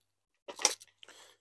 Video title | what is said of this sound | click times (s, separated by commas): ÉQUIPEMENT NETTOYAGE DE VITRES 100€ VS 1000€ + JEU CONCOURS | Hop, et ça vient juste se clipser comme ça, nickel. | 0.6 s, 1.0 s